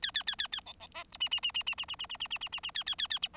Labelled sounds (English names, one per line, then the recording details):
Bengalese Finch song
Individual Bird4